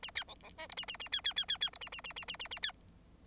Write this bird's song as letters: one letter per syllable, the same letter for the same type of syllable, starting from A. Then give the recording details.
A B C C D E A A A B B B B B E A A A A A A A B. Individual Bird9